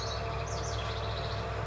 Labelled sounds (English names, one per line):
House Wren